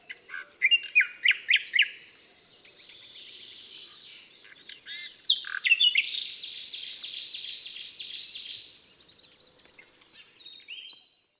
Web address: SETE data Luscinia megarhynchos